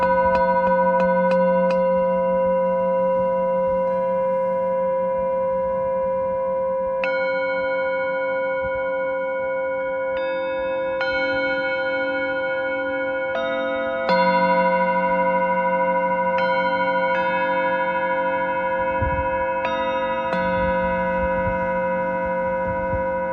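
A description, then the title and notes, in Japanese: Singing bowls ring in long, steady overlapping tones, a low hum beneath several clear higher notes. Fresh strikes land every few seconds, near 0, 7, 10, 14, 17 and 20 seconds, each adding a bright attack before settling into the sustained, slowly wavering ring. メキシコから シンギングボウルのサウンドヒーリングをお届け ライブ。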